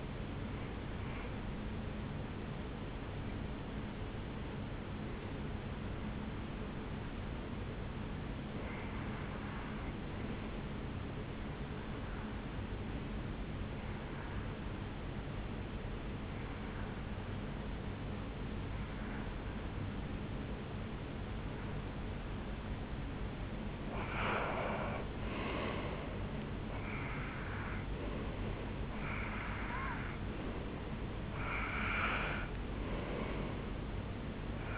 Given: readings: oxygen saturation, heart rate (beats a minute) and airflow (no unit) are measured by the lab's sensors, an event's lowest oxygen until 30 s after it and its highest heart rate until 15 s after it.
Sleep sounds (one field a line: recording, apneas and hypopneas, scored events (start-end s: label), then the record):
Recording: breathing in sleep by a voice recorder at the bedside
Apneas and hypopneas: 1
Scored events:
4.00-22.00 s: hypopnea (N1, oxygen 96% highest, then 90% lowest, heart rate 67 at the start, 75 highest)
31.00-34.78 s: new sleep stage, N2 (light sleep)
From the record:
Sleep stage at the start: N1 (lightest sleep)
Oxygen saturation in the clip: 91 to 96%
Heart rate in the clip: 67 to 75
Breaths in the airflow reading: 13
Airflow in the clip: -7.8 to 5.8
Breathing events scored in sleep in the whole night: 449 in 7.0 hours asleep